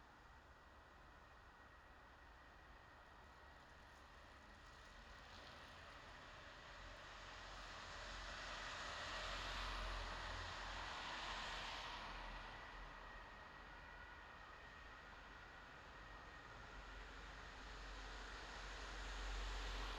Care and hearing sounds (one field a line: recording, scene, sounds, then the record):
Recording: everyday scene through a hearing-aid microphone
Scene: in traffic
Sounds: traffic, siren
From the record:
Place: bus stop on a city main road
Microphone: in the ear canal, left